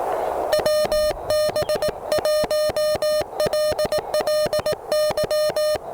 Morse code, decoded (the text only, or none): WB1LLY